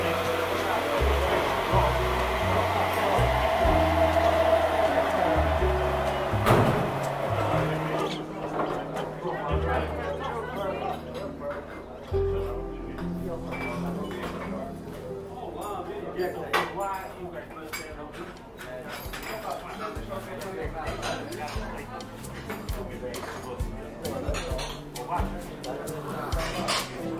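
Café ambience with a steady murmur of voices and frequent light clinks of cups and dishes scattered throughout. A low rumbling hum sits underneath, heavier and busier in the first eight seconds, then thinning as the chatter and clatter carry on.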